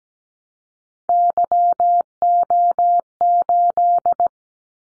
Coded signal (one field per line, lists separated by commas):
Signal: Morse code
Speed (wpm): 17 wpm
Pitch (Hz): 700 Hz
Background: none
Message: YO8